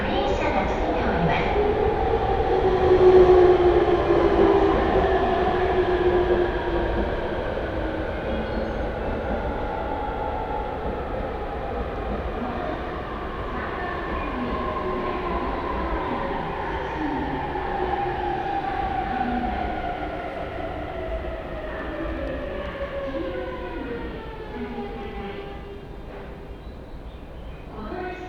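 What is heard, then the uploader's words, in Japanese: Recorded inside a train on a rail journey, with a steady low rumble of wheels and carriage noise throughout. A motor whine is prominent early on and slowly drops in pitch over the clip, with the overall sound easing off as the train seems to slow. 鉄道旅 宇都宮線 浦和→古河。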